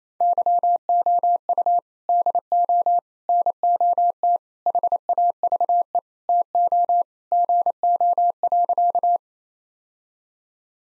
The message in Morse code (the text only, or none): YOU DO NOT HAVE TO GO.